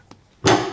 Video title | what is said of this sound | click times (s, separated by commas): Setting up the Stealth Hitches Hidden Trailer Hitch Receiver w/ Towing Kit on a 2016 BMW X5 | and once you kind of hear that pop in place that handle should click in and then you can go ahead push | 0.5 s